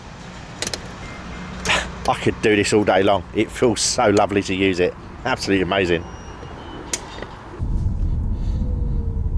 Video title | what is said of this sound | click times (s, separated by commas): The 2018 Nissan Leaf Positives after 5000 Miles | damped when it locks in place I could | 0.6 s, 0.7 s